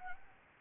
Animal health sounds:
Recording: mosquito wingbeat signal from an infrared sensor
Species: Anopheles gambiae

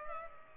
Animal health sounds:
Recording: mosquito wingbeat signal from an infrared sensor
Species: Culex pipiens

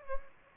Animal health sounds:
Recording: mosquito wingbeat signal from an infrared sensor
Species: Anopheles gambiae

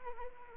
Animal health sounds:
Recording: mosquito wingbeat signal from an infrared sensor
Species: Anopheles arabiensis

